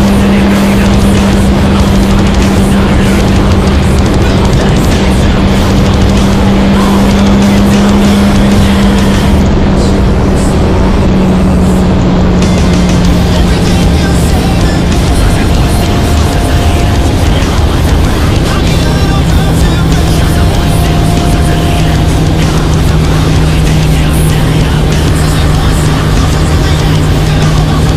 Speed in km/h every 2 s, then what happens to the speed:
209, 204, 202, 206, 209, 196, 187, 180, 176, 172, 168, 164, 161, 160.
0-8 steady at about 206. 8-28 slows to 160.